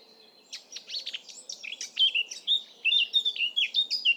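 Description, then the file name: Eurasian blackcap song: a scratchy, jumbled warble of quick notes that builds into clearer, louder fluty phrases over about four seconds. "Sylvia atricapilla"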